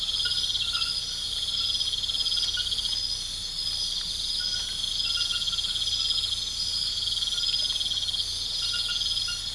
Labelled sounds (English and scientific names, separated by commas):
none